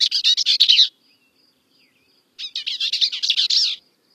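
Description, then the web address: Bell's vireo song: two quick, jumbled, scratchy phrases of rapid chattering notes, each about one to one and a half seconds long, separated by a pause of about a second and a half. Recorded in North America. "Songs of Birds of North America Stokes. Bells Vireo"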